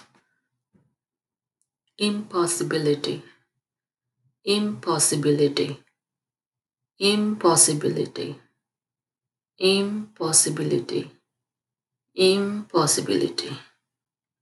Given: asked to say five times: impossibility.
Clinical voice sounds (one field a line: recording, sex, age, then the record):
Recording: repeated word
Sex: female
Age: 30 to 39 years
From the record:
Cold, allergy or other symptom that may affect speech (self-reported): no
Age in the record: 35 years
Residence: New York, United States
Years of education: 4